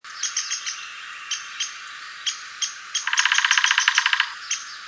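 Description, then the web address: Downy woodpecker giving short sharp pik notes throughout, then a fast rattle of rapid notes near the end, over a steady background hiss. "steve pelikan dowo"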